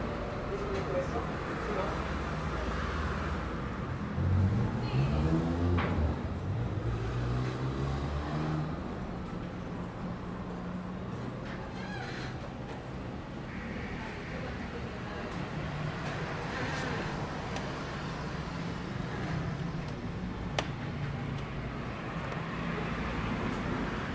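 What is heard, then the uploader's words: Road noise drifts into a hotel lobby as a steady low rumble, with a vehicle swelling past around five to eight seconds. Muffled talking sits underneath throughout, and a few sharp clicks or knocks break through near the middle and around twenty seconds. Waiting In The Hotel Lobby (Ambient Sounds, Road Noise, Talking). At our hotel in Playa Del Carmen, Mexico waiting in the lobby for check. The hotel lobby is an indoor/outdoor space so you will hear road noise. Spanish Speaking.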